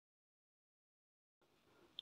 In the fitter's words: le fameux bruit qui signale qu'on est arrivé au bon couple avec la clé dynamo